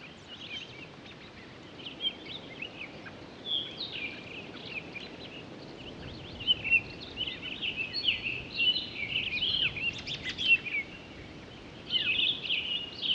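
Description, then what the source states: Townsend's solitaire starting with scattered high notes, then breaking into a rich, fast run of tumbling warbled phrases that grows louder toward the end. Recorded 23 October 2011.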